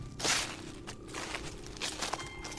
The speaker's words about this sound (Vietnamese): Bỗng nhiên bác cổ sững lại khi nghe có tiếng bước chân người đang tiến tới.